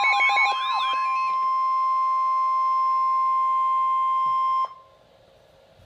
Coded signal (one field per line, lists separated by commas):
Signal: Emergency Alert System (SAME) tones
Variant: 1050 Hz attention tone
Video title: Flood Warnings - EAS #753-754